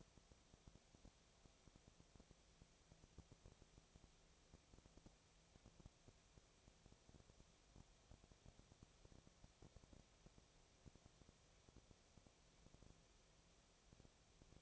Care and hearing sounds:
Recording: daily activity, microphone in the room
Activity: no activity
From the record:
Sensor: 1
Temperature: 19.6 degrees Celsius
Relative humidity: 36.5%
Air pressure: 996.9 hPa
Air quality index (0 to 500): 204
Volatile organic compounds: 128 ppm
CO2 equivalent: 3917 ppm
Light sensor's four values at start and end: 1/2/1/1 and 1/2/1/1

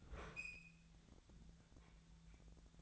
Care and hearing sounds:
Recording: daily activity, microphone in the room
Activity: open fridge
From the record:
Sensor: 3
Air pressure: 1009.7 hPa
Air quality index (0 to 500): 191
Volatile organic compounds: 15 ppm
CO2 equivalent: 2488 ppm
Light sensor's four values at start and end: 38/94/40/43 and 38/94/40/43

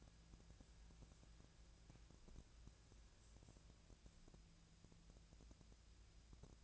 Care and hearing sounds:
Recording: daily activity, microphone in the room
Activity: wipe stove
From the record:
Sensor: 2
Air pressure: 1000.4 hPa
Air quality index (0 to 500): 172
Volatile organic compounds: 3 ppm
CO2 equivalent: 1432 ppm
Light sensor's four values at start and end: 10/23/10/10 and 10/23/10/10

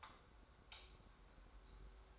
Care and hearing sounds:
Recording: daily activity, microphone in the room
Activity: light off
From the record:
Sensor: 3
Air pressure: 991.0 hPa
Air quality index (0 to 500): 115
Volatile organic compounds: 73 ppm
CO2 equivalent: 3544 ppm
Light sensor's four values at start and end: 39/95/38/36 and 36/86/35/33

